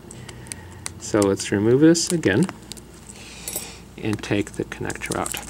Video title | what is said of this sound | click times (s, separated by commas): Dell Chromebook 13 3380 Screen Replacement Procedure | snap the plastic or the metal bar metal wire bar back in so | 0.5 s, 0.9 s